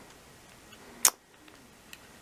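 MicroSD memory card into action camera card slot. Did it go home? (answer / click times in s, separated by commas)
yes / 1.0 s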